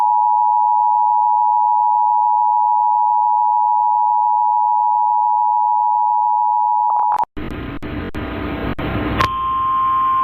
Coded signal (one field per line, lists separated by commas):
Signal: Emergency Alert System (SAME) tones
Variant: 853 and 960 Hz attention tone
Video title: Real EAS Alert #27 (10/9/24)